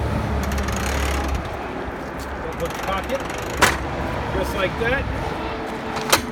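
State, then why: Seated. Someone talks while the two harness buckle tongues of a Falcon F20 child car seat are squeezed together and pushed into the crotch buckle over a low steady hum. A single sharp click rings out at 6.1 s as the tongues latch, and the buckle is seated.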